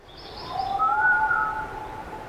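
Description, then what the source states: Red fox call: a clear, drawn-out whistling tone at two overlapping pitches. An occasional red fox sound, said to be a good match for a mysterious night sound heard by residents.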